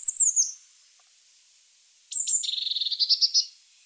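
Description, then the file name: Eurasian blue tit calls, a high descending cluster of thin notes, then after a pause a high note leading into a long, slightly buzzy rattle. "Cyanistes caeruleus"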